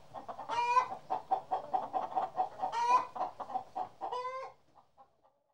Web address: BBC Sound Effects Library - Animals and Birds Hen House